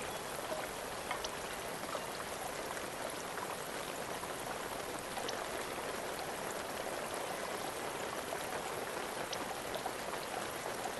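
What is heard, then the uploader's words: Rain falls in a steady, dense hiss that holds level for the whole stretch, centered in the mid and upper range with little low rumble. Scattered brighter drop ticks pop out now and then, as around one, five and nine seconds. Peaceful Rain Sound, Rain Ambience. Sounds of rain.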